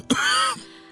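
A single short cough from an adult man runs straight into a voiced, throat-clearing rumble lasting about half a second before fading. It is one brief cough that he is holding back, acted.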